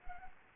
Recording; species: mosquito wingbeat signal from an infrared sensor; Anopheles arabiensis